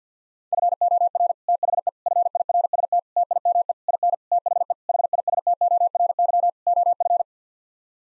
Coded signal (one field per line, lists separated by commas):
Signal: Morse code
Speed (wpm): 50 wpm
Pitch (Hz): 700 Hz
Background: none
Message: FOR THE FIRST TIME IN THE HISTORY OF